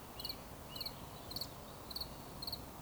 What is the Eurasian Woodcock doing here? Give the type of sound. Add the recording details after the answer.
whistle. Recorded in Baden-Württemberg, Germany, on 11 June 2020 at 19:51 UTC. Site 24578, 122 m above sea level